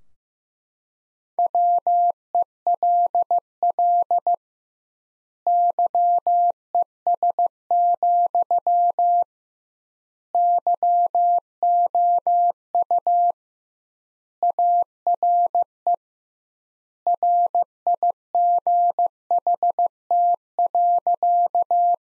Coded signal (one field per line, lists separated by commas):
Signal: Morse code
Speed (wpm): 15 wpm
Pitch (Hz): 700 Hz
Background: none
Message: WELL YES, YOU ARE RIGHT.